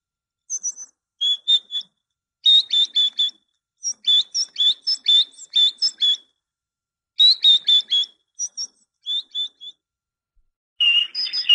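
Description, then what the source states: Great tit song: varied series of sharp whistled notes repeated in quick runs, changing pattern between phrases, with brief gaps. Training recording (suara masteran) used to teach songbirds.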